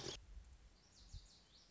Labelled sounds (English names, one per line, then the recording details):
Lazuli Bunting
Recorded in Sonoma County, California